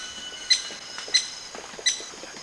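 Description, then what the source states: Maroon woodpecker calls: three sharp, short notes about two-thirds of a second apart, over a steady high insect drone and forest hiss. Recorded at Danum on 1 March 2008.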